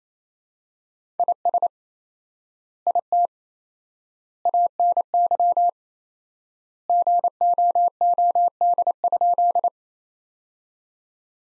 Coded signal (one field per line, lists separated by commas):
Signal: Morse code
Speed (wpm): 27 wpm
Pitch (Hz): 700 Hz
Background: none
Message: IS IT ANY GOOD?